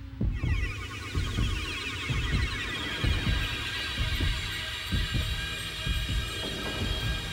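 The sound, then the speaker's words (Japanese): A steady heartbeat, felt through the palm of a hand pressed to another's, thumps in low, muffled pulses, roughly one or two per second, beneath a bright, shimmering ambient wash that continues throughout. “手のひらから松笛くんの心臓の音が伝わってくる”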